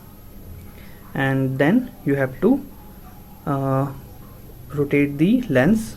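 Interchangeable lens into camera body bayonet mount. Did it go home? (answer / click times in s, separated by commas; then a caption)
no / none. An interchangeable lens is lined up with the white dots on the camera body's bayonet mount before being twisted home. Someone talks throughout, and nothing has clicked or seated yet.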